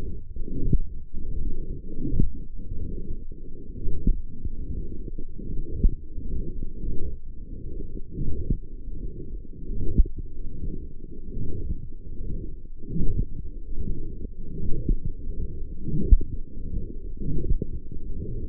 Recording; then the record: forearm muscle sounds (acoustic myography)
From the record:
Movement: forearm supination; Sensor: system 1, eight BSWA MPA416 microphones around the upper forearm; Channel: 5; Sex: female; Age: 20 years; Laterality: right